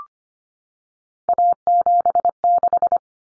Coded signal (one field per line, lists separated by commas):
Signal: Morse code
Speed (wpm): 25 wpm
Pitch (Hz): 700 Hz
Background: none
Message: A76